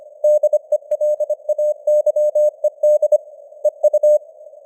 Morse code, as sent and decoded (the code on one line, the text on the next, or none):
-.. . .-.. .- -.-- . -.. / . ..-
DELAYED EU